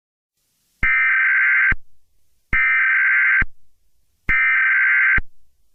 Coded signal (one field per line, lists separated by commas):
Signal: Emergency Alert System (SAME) tones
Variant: header bursts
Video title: EAS Mock -- MA Amber Alert (video request from XAVI BONILLA)